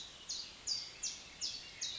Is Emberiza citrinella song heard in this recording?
no